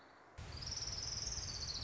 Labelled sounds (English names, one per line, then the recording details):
Orange-crowned Warbler
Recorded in Sonoma County, California